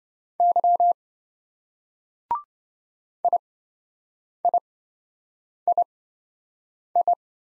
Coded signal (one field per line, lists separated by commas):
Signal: Morse code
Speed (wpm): 25 wpm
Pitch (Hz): 700 Hz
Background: none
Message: Y IIII